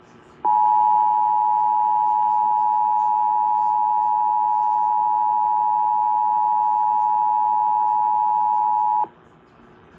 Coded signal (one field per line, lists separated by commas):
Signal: Emergency Alert System (SAME) tones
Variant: 853 and 960 Hz attention tone